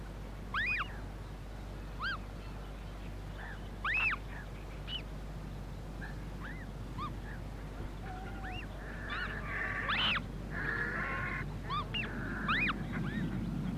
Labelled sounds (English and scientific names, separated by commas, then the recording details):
Eurasian Coot (Fulica atra) call
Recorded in the wild
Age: juvenile
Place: Petershain, Niederlausitz, Sachsen, DE
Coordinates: 51.3167, 14.7514
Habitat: pond
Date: 1963-06-10
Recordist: Meyer, Hugo